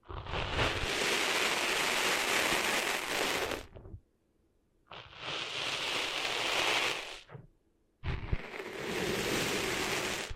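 Sand is cleaned out of ears in three dense, gritty bursts of hissing rustle, each lasting a few seconds, separated by brief silences.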